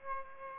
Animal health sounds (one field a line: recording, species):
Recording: mosquito wingbeat signal from an infrared sensor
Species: Aedes aegypti